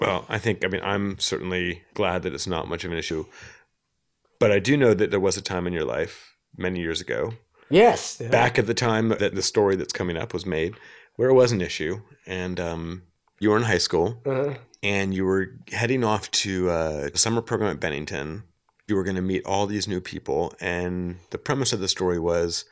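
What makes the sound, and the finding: Adult male host, interview. Normal speech.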